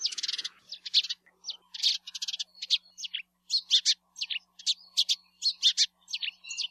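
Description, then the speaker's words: House sparrow song, a series of bright chirps and cheeps repeated in quick uneven bursts, steady over several seconds. Introduced to Hawaii in the mid-1800s; common wherever people live in the islands, in cities and parks; a small brown bird that may beg for food. "If you're having lunch in a city or park and a small brown bird comes begging for food, there's a good chance it's a house sparrow, especially if it has a song that sounds like this."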